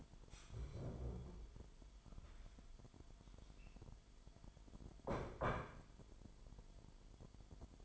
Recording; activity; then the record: daily activity, microphone in the room; stand up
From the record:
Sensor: 5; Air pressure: 998.6 hPa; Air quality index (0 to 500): 84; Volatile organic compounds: 1 ppm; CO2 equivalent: 956 ppm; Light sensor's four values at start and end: 65/158/66/73 and 58/141/59/65